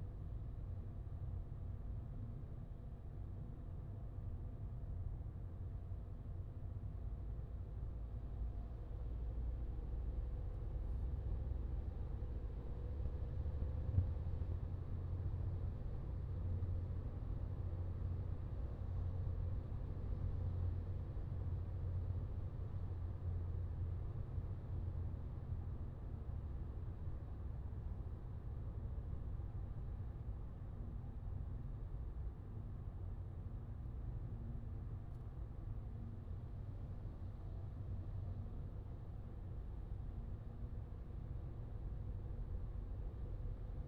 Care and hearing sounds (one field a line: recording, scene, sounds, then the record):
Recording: everyday scene through a hearing-aid microphone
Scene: in a vehicle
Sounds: engine, highway driving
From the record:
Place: Skoda Fabia, gasoline engine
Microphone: in the ear canal, left